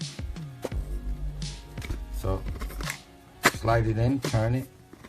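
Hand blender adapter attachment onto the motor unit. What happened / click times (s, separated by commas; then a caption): The attachment is being fitted and turned but has not locked yet / none. The shake adapter of a black Kalorik two-speed hand blender shaker mixer stirrer, model CMM 39732 BK, is slid onto the motor body and turned, making short plastic taps and handling knocks while someone talks. Nothing has seated or clicked yet.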